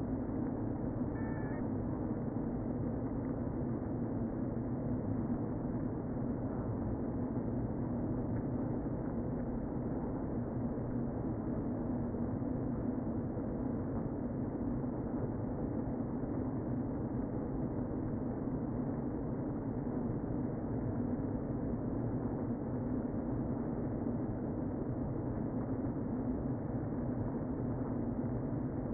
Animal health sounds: honeybee colony, microphone inside the hive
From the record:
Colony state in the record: queen present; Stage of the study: before two queens were removed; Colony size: about 60,000 bees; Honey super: yes

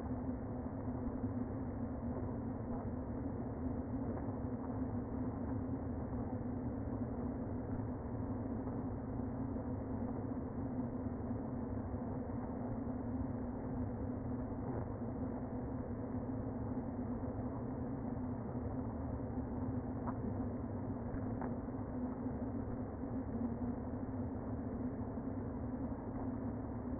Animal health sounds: honeybee colony, microphone inside the hive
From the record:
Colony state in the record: queen present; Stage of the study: before two queens were removed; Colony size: about 60,000 bees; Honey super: yes

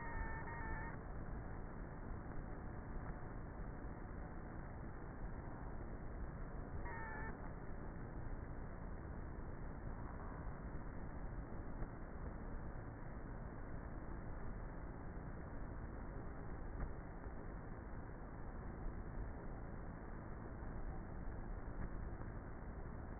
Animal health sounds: honeybee colony, microphone inside the hive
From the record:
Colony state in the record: queenless with a low population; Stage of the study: before two queens were removed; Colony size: about 30,000 bees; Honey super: no

